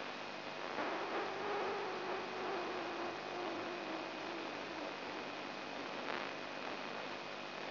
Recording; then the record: brain microelectrode recording played as sound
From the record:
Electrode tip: inside the subthalamic nucleus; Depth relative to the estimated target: 2 mm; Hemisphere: right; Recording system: AlphaMap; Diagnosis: Parkinson's disease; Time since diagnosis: 9 years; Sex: male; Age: 58 years